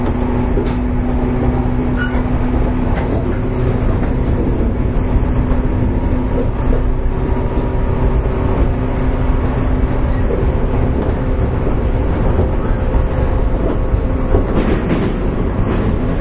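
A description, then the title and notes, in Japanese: Running sound recorded aboard a local electric train, a steady, dense low rumble and rattle of the car in motion that holds even through the whole stretch. Faint motor hums sit beneath, with brief clanks and squeaks from the wheels now and then. JR415系 日豊線 小倉から中津まで。JR九州 415系電車の走行音です。日豊線の普通列車にて収録。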